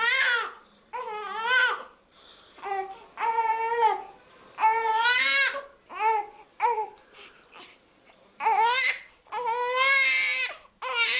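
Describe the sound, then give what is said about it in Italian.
A young infant cries alone in about ten loud, high-pitched wavering wails, each burst broken by short gasping pauses, with the last cries stretching longer and more strained. “Lo sentiamo insieme, ciascuno di noi a casa può indovinare per che cosa si nasconde dietro questo vagito, quale bisogno vuole comunicarci il nostro bambino”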